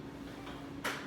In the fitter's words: and you actually hear it click in place that's really important